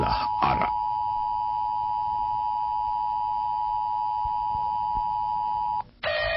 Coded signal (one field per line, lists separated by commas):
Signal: Emergency Alert System (SAME) tones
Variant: 853 and 960 Hz attention tone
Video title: Tsunami - ANALOG HORROR EAS MALAYSIA